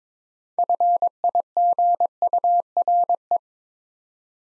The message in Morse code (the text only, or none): FIGURE